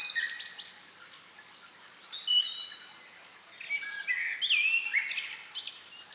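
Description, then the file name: Common blackbird song heard softly: brief whistled notes mixed with high, scratchy twitters in a few short bursts. "Turdus merula"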